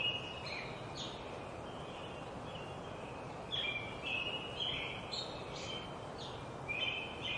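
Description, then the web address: American robin song, short clear whistled phrases given in bursts with brief pauses, over steady background noise. Sung at dawn in a forest at Tuolumne Meadows, Yosemite. "robbin welcomes dawn in tuolumne meadows forest yosemite"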